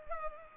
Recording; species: mosquito wingbeat signal from an infrared sensor; Culex pipiens